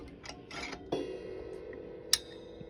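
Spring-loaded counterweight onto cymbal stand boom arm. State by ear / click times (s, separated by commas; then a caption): seated / 2.1 s. A Tama spring-loaded, detachable metal counterweight, taken from a Road Pro stand, is fitted onto the end of a cymbal stand boom arm. Light handling knocks and scrapes at about 0.3 s and 0.5 s lead into a knock at 0.9 s that leaves a steady ringing tone. A sharp, loud metallic click at 2.1 s shows the counterweight seating onto the boom.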